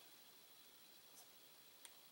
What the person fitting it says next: there's the click